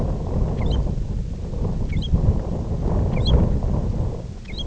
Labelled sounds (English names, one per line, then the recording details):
American Golden-plover
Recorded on Arctic tundra, site IGLO-F, on 19 June 2018
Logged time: 00:00